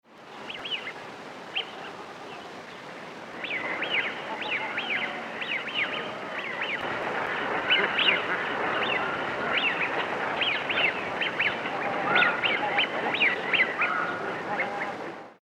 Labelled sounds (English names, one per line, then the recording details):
Eurasian Wigeon
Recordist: Tembrock, Günter
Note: Rufe einer Gruppe